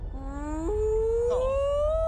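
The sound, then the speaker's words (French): A voice imitates a humpback whale call with a long, drawn-out moaning wail that glides upward in pitch, stepping up twice and holding steady and fairly loud to the end. “c'est pas du baleine, tu parles plutôt au estomac barbouillé”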